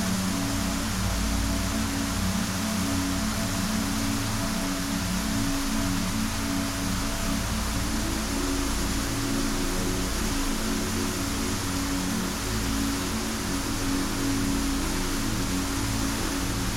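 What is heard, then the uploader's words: Soft music plays under a steady wash of rain that hisses evenly across the top end for the whole clip. Low sustained tones hold beneath it, with a slight shift in the held notes around the middle. Loudness stays constant throughout, without distinct drops or events. 852Hz + 432Hz || Soft Music + Rain Sounds || Nature Sounds + Miracle Tone Music Solfeggio Frequency.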